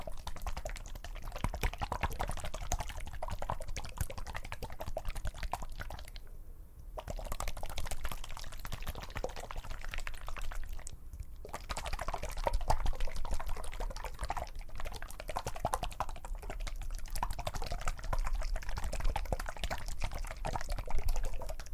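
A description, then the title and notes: Liquid sounds fill the clip with a dense, crackling run of wet clicks and small taps, fairly steady in loudness with a low rumble underneath. The bright crackle drops out briefly near 6.5 seconds and again around 11 seconds before resuming. TAPPING, RUBBING, SCISSOR, LIQUID.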